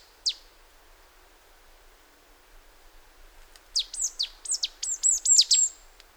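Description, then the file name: Marsh Tit calling: one high note, then after a pause a quick run of sharp downslurred high notes in a loose rhythm. "Poecile palustris"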